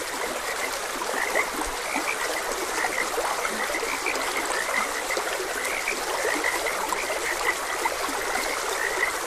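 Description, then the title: Several frogs give short croaking notes scattered throughout, partly masked by a constant babbling stream. Frogs croaking beside a gentle stream. "Gentle Stream and Frogs Croaking"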